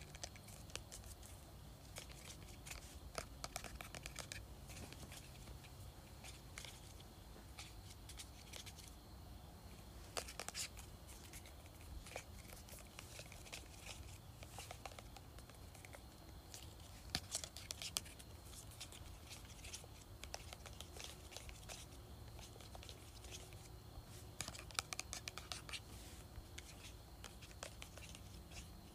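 Someone taps, scratches and shakes a perfume bottle, making a steady stream of quick, dense clicks and scrapes that last the whole time. Sharper, brighter taps stand out now and then, notably around 10, 17 and 25 seconds, over a low rumble underneath.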